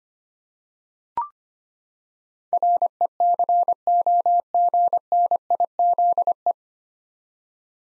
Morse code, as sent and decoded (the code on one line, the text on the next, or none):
.-. . -.-. --- --. -. .. --.. .
RECOGNIZE